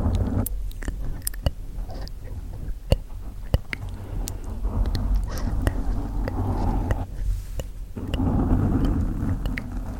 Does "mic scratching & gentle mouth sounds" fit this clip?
yes